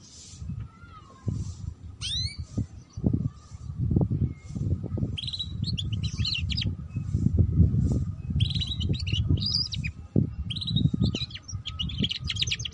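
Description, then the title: Canary song in short bursts of rapid, buzzy trills and chirps, broken by pauses, over constant low rumbling noise. Belgian canary; song used to warm up and lure other canaries into singing in the fast chirping ngeriwik style. "Canto Para Esquentar Canário Belga. Suara Kenari Belajar Bunyi Ngeriwik || Cocok Untuk Pancingan Kenari Ngeriwik"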